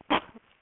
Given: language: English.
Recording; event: throat vibration sensor signal played as sound; cough